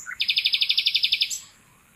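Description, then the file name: Common nightingale song phrase: one low note, then a steady, rapid series of about thirteen identical pulsed notes, ending with a brief high flourish. "Luscinia megarhynchos"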